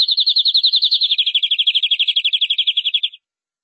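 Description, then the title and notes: Canary song: one fast, even trill of clear repeated notes lasting about three seconds, dropping slightly in pitch partway through, then silence. "BM Suara Kenari. BM Suara Burung Kenari"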